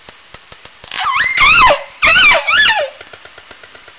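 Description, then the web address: Killer whale pulsed calls: two wavering, harmonic-rich calls that rise and fall in pitch, set against a steady train of sharp echolocation clicks. Southern Resident killer whales. "Orca Calls Alwin"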